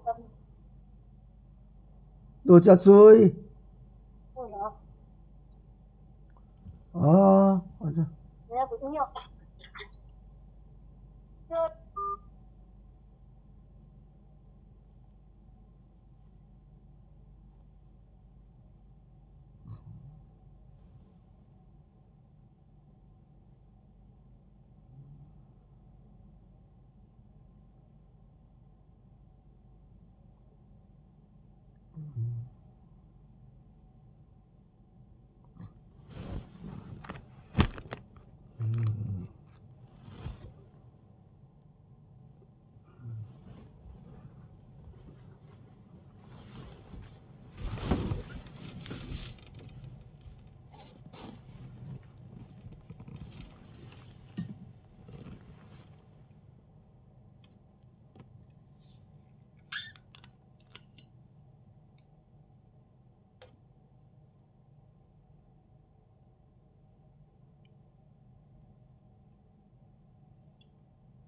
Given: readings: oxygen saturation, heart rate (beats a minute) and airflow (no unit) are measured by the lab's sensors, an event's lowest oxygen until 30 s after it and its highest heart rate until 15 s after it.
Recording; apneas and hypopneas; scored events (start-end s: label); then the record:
a person awake in a sleep study, by a smartphone at the bedside; none
0.00-71.28 s: awake
From the record:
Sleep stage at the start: awake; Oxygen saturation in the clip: 92 to 96%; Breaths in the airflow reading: 15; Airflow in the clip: -9.7 to 8.3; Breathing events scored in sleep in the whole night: 270 in 6.1 hours asleep